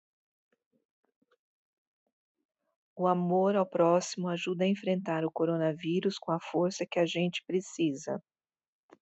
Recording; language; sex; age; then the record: spoken sentence; Brazilian Portuguese; female; 50 to 59 years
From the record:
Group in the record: control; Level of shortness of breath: 0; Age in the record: 55 years